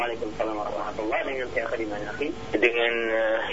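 A caller's TV or radio plays steadily in the background over a phone line during a live call-in broadcast, its broadcast voices continuous and thin-sounding, with no pauses across the few seconds.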